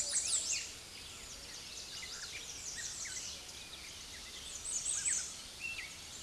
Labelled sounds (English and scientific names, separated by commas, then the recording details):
American Redstart (Setophaga ruticilla) song
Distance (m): 25 m
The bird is about 15 m above the microphone
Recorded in a Pennsylvania forest on 16 May 2024 at 06:58
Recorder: AudioMoth, point MSD-0019
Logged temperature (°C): 16.7 °C
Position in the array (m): 49 m, 226 m